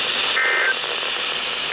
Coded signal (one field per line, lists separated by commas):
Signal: Emergency Alert System (SAME) tones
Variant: end-of-message bursts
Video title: How About A Little More?? | EAS Alerts From 5/14/2023 (EAS #2,068-2,104)